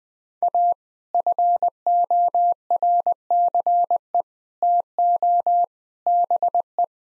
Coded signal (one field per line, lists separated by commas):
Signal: Morse code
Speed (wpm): 20 wpm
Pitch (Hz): 700 Hz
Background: none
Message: A FORCE TO BE